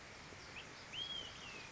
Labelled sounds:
Olive-sided Flycatcher (Contopus cooperi)
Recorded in Sonoma County, California

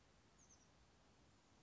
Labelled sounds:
Oak Titmouse (Baeolophus inornatus)
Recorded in Sonoma County, California

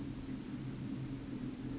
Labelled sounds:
Pacific Wren (Troglodytes pacificus)
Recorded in Sonoma County, California

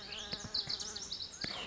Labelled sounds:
Lazuli Bunting (Passerina amoena)
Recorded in Sonoma County, California

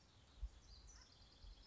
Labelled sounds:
House Wren (Troglodytes aedon)
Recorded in Sonoma County, California

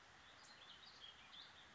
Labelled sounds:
Warbling Vireo (Vireo gilvus)
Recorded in Sonoma County, California

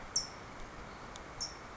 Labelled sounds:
California Towhee (Melozone crissalis)
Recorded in Sonoma County, California

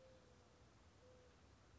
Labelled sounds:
Mourning Dove (Zenaida macroura)
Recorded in Sonoma County, California

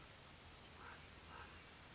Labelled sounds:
Oak Titmouse (Baeolophus inornatus)
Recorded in Sonoma County, California

